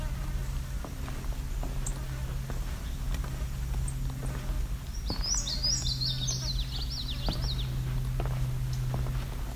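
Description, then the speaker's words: Indigo Bunting giving a brief burst of high, paired, slightly descending notes midway, against constant low droning noise and faint ticks. Male starting to molt, singing a partial song; seen as a small bluish bird. "Sounds like probably an indigo bunting here. Just singing a partial song."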